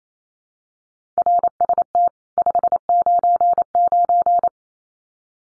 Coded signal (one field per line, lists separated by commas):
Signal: Morse code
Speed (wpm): 28 wpm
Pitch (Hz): 700 Hz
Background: none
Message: RST 599